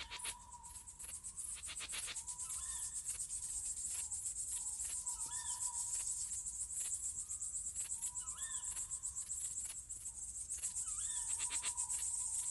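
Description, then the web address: Crickets keep up a continuous high chirping hum while soft whistled notes and short rising bird-like calls repeat every few seconds. Summer night ambience. "sonniss gdc audio. crickets owls summer night"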